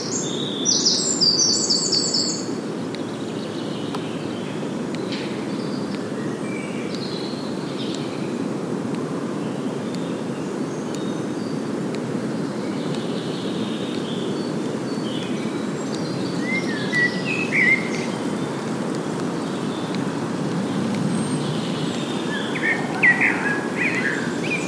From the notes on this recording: A soundscape of ancient woodlands, recorded throughout the year. Accompanied by the sound of a ticking clock, created by breaking the twigs of trees